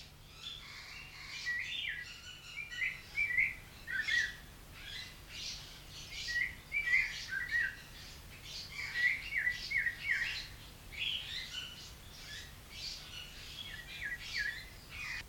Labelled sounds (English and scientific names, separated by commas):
Snowy-crowned Robin-Chat (Cossypha niveicapilla)